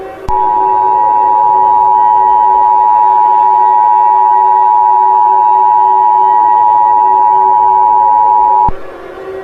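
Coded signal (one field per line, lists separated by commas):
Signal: Emergency Alert System (SAME) tones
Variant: 853 and 960 Hz attention tone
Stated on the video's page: Fictional EAS scenario inspired by a Battlefield 2042 event, not a real alert.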